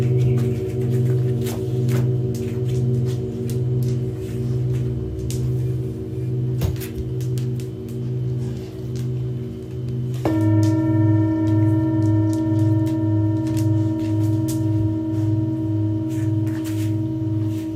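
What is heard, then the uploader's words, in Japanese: Singing bowls ring in a steady, layered drone, their low tones pulsing in a slow, regular wobble. Around ten seconds a new bowl is struck, and the sound shifts to a brighter, fuller chord that holds to the end. Faint light clicks and taps occur throughout. メキシコから シンギングボウルのサウンドヒーリング ライブ。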